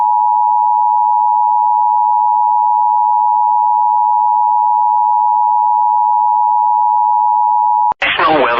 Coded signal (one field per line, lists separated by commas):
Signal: Emergency Alert System (SAME) tones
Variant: 853 and 960 Hz attention tone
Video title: EAS Recreation Mock: Thunderstorm in Utah County, Utah